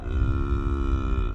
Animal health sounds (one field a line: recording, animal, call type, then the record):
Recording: contact call of a hoofed animal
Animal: cattle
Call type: low-frequency (closed-mouth) or high-frequency (open-mouth) call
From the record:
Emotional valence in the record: negative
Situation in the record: full separation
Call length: 1.35 s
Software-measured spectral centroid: 810 Hz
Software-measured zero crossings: 360 a second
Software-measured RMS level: -24 dBFS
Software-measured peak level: -11 dBFS